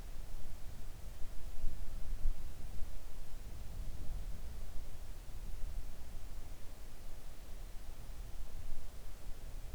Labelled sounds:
near silence
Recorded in the Arctic National Wildlife Refuge, Alaska, on 3 August 2019 at 05:24
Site 41

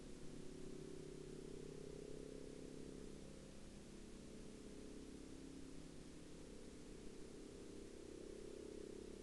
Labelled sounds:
man-made sound
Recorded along the Dempster Highway, Canada, on 28 August 2020 at 20:02
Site 22

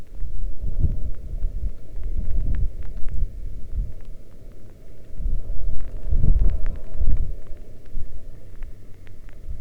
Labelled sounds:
rain
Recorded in the Arctic National Wildlife Refuge, Alaska, on 11 August 2019 at 22:32
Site 40

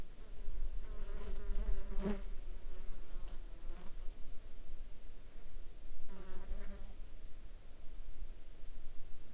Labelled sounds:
insects
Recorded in the Arctic National Wildlife Refuge, Alaska, on 22 July 2019 at 12:22
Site 35

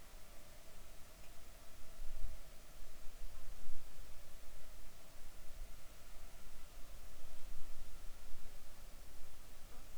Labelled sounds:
insects
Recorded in the Arctic National Wildlife Refuge, Alaska, on 7 July 2019 at 19:02
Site 41

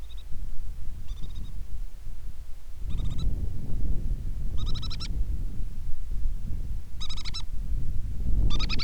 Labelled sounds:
bird
wind
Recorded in the Prudhoe Bay oil fields, Alaska, on 10 July 2019 at 10:22
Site 11

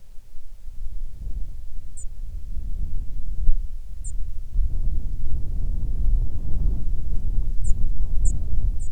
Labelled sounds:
songbird
wind
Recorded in the Prudhoe Bay oil fields, Alaska, on 7 August 2019 at 05:30
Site 13

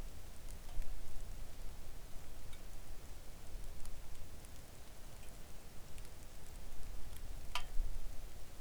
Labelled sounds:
rain
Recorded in the Arctic National Wildlife Refuge, Alaska, on 3 August 2019 at 05:43
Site 41

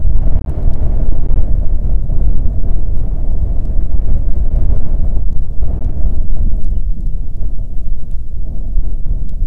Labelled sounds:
bird
wind
rain
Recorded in the Prudhoe Bay oil fields, Alaska, on 5 June 2019 at 00:03
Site 13

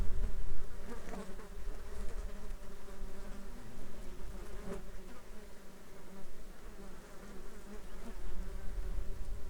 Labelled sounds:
insects
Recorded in the Arctic National Wildlife Refuge, Alaska, on 7 July 2021 at 14:25
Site 33

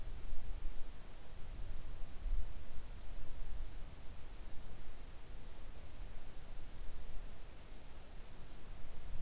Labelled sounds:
near silence
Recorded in the Arctic National Wildlife Refuge, Alaska, on 3 August 2019 at 05:11
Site 41

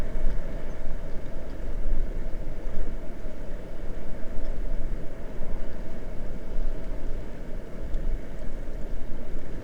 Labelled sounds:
grouse or ptarmigan
water
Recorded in the Prudhoe Bay oil fields, Alaska, on 22 May 2019 at 00:30
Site 21

